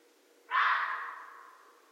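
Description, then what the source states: Red fox uttering a single raspy, strained scream with an abrupt start and a gradual fade, over a quiet background. Recorded on 13 January 2012.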